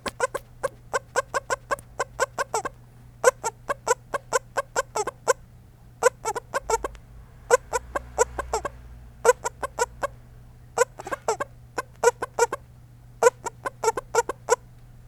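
Frog giving repeated bursts of rapid clicking calls separated by short pauses, over a faint constant low hum.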